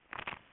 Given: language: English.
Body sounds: throat vibration sensor signal played as sound; swallow

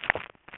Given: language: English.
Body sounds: throat vibration sensor signal played as sound; swallow

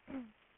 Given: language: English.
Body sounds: throat vibration sensor signal played as sound; throat clearing

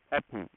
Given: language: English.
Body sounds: throat vibration sensor signal played as sound; speech

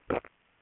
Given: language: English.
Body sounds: throat vibration sensor signal played as sound; swallow

